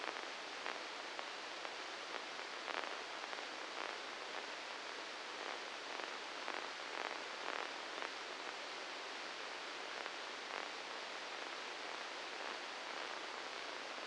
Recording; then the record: brain microelectrode recording played as sound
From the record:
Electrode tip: inside the subthalamic nucleus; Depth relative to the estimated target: -2 mm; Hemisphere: left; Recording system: NeuroSet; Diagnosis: Parkinson's disease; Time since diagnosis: 7 years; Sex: male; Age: 44 years